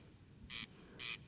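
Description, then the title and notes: Corn crake giving one rasping double note, two short dry buzzy bursts half a second apart, over a low rumbling background. Singing bird near a peat bog, Col Bayard, Hautes-Alpes, 12 July 2018; sang continuously from 11 pm until dawn; recorded with Nagra Seven and Telinga Pro7. "Col Bayard - Hautes Alpes. Râle des genêts"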